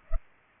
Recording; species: mosquito wingbeat signal from an infrared sensor; Culex pipiens